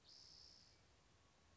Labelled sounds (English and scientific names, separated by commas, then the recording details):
Spotted Towhee (Pipilo maculatus)
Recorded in Sonoma County, California